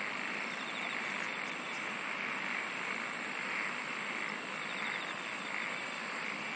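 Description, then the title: Steady insect chorus with short, rapid, very high pulse trains early on. "SINGING OF INSECTS"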